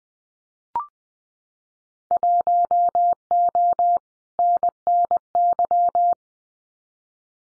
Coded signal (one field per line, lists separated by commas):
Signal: Morse code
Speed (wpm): 20 wpm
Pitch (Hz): 700 Hz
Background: none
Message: 1O NNY